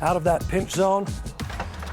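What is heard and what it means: Someone talks while the folding platform of a Little Giant 5-9 Aerial Safety Cage ladder is handled and brought down toward the metal crossbar it locks onto. Short knocks are heard near 1.4, 1.6 and 1.8 seconds, but the platform has not yet locked into place by the end of the clip.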